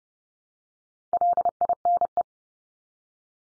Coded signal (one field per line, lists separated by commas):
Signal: Morse code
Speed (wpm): 30 wpm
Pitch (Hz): 700 Hz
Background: none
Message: LINE